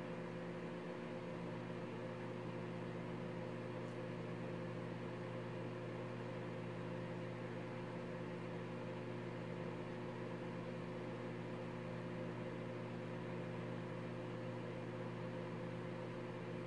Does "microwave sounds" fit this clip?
yes